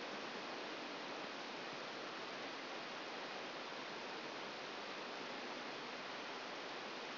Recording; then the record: brain microelectrode recording played as sound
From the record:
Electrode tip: outside the subthalamic nucleus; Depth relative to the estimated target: 4 mm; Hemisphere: left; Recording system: AlphaMap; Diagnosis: Parkinson's disease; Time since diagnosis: 10 years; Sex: female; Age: 63 years